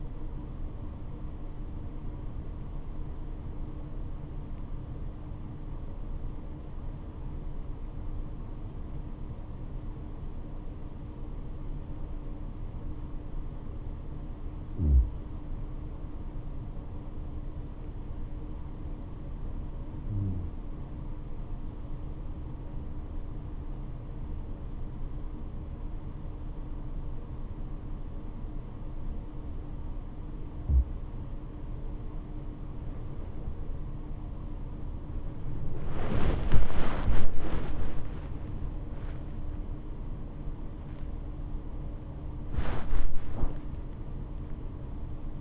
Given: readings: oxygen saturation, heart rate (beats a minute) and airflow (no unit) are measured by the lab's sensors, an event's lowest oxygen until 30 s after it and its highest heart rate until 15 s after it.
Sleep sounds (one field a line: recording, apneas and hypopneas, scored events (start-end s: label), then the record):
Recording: breathing in sleep by a smartphone at the bedside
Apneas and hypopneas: 1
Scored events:
7.00-33.20 s: hypopnea (N1, oxygen 97% highest, then 89% lowest, heart rate 69 at the start, 90 highest)
From the record:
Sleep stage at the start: N1 (lightest sleep)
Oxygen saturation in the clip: 92 to 97%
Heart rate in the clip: 69 to 89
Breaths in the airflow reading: 10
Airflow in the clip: -12.1 to 8.6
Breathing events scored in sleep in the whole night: 228 in 5.4 hours asleep